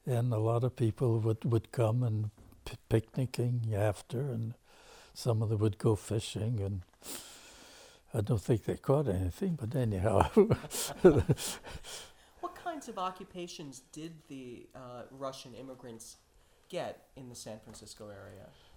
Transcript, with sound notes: And a lot of people would - would come and pick-picknicking after, and some of them would go fishing and -I don't think they caught anything, but anyhow (Laughs) What kinds of occupations did the,uh, Russian immigrants get in the San Francisco area?